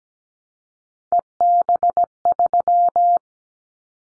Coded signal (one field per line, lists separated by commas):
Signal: Morse code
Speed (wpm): 17 wpm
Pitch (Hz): 700 Hz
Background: none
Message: EB3